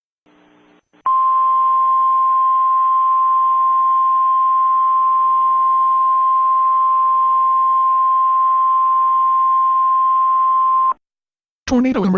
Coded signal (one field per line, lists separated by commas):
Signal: Emergency Alert System (SAME) tones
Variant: 1050 Hz attention tone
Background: speech